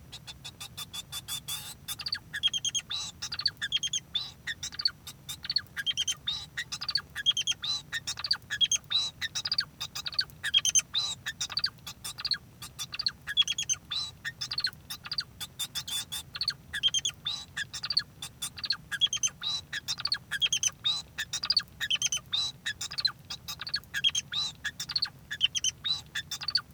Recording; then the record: song of a male Bengalese finch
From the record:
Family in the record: son of father 2